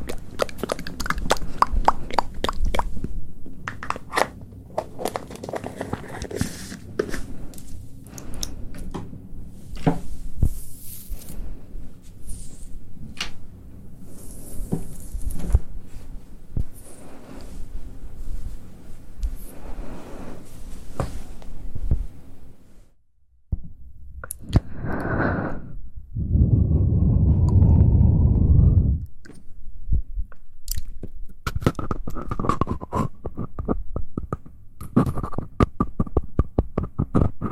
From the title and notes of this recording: Soft Mouth Sounds For Sleep.